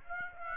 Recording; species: mosquito wingbeat signal from an infrared sensor; Aedes aegypti